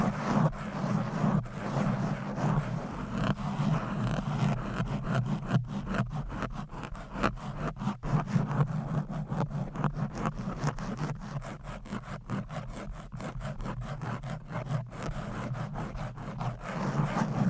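Fast, aggressive scratching on microphone covers with fingernails fills the whole clip as a dense, continuous rasping. From about five seconds on, sharp scrapes come in quick, regular bursts over a steady low rumble, with the overall texture staying rough and grainy throughout.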